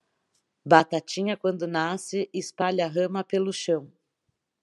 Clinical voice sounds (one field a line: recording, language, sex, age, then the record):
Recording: short text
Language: Brazilian Portuguese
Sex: female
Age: 40 to 49 years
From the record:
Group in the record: control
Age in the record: 46 years